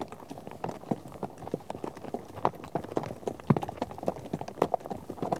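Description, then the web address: Horse hoofbeats, a rhythmic clatter of several hooves, each strike crisp and distinct. A herd of horses out on a trek. "BBC Sound Effects Library - Horses Herd of horses out on trek"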